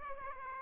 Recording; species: mosquito wingbeat signal from an infrared sensor; Aedes aegypti